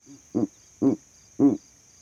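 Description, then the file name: Owl giving three short, low, gruff hoots about half a second apart, after a faint soft note, with a thin steady high whine behind. Owl calls at night. "Elijah Wagner - Calming Owl Calls at Night"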